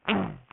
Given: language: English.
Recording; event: throat vibration sensor signal played as sound; throat clearing